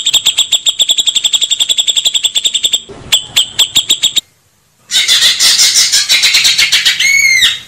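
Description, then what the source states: Grey-cheeked bulbul song, a long run of rapid, evenly repeated high ticking notes, then a pause and a loud buzzy chattering burst with a clear whistled note near the end. Masteran, made for training cage birds.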